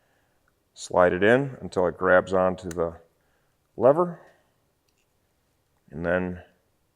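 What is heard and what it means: A FlashTune ABS delete plug is slid onto the sealed ABS wiring harness connector of a Yamaha R7 motorcycle until it catches the connector's locking lever, while someone talks. Only faint handling ticks are heard; the lever has not been pulled up yet, so nothing has seated or clicked.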